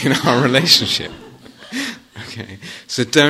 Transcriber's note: laughs